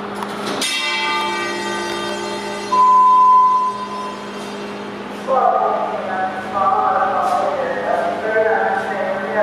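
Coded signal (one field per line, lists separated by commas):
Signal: bell signal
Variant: fire station gong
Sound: a ringing gong strike that decays slowly, then a steady high tone and station noise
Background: fire station bay noise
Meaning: The station gong alerts the crew that a run has been dispatched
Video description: we see Squad 40 as they get toned out for an EMS run just down the street to 3915 Liberty Heights Avenue for a lift assist.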